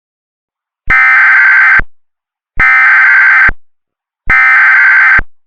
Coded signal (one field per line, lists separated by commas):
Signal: Emergency Alert System (SAME) tones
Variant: header bursts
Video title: (Zombie Virus EAS Scenario) - The Awakening [ft. Harvester]